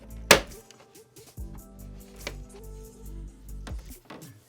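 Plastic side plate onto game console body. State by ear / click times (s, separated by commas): seated / 0.3 s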